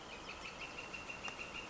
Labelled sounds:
Northern Flicker (Colaptes auratus)
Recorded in Sonoma County, California

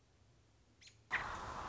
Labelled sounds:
American Robin (Turdus migratorius)
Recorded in Sonoma County, California

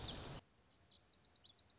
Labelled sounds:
Lazuli Bunting (Passerina amoena)
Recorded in Sonoma County, California

